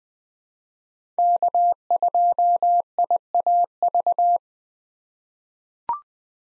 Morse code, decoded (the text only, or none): K2IAV